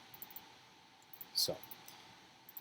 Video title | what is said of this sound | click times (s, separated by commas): Custom Lego Gun MOC: .300 Knockout [BFH](Livestream Build Pt.1) | and then the first thing it wants to do is snap into place exactly where it should go. | 0.2 s